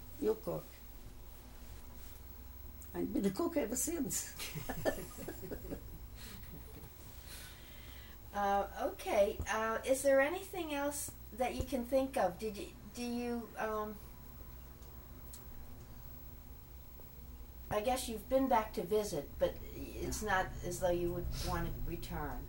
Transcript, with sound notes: you cook. I've been a cook ever since (laughs)
Ah, ok, is there anything else that you can think of, did you, do you…I guess you've been back to visit, but it's not as though you would want to return.